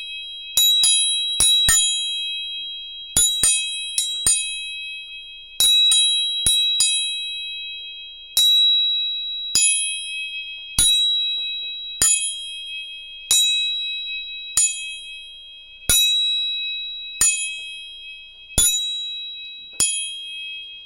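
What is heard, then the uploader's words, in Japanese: Three tuning forks are struck again and again, each hit a sharp metallic tap followed by clear, steady high tones that ring on between strikes. Early on the taps come in quick groups of three; after about eight seconds they settle into single strikes roughly every second. 音叉チューニング3本。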